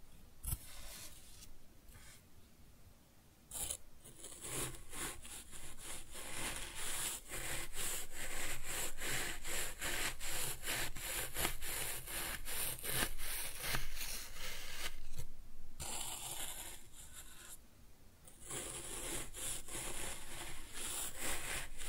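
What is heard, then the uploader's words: Kinetic sand is cut and scooped in a steady run of gritty, scraping strokes, each a quick crisp rasp repeating every fraction of a second. Brief quiet gaps come near the start and again around 15 and 18 seconds. ASMR Kinetic Sand Cutting and Scooping Sounds (No Talking).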